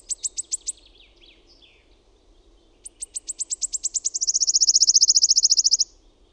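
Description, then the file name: Wood warbler song: a few sharp high ticking notes, a pause, then a fresh run of ticks speeding up into a long, even, shivering trill before stopping abruptly. "SIRITTAJA"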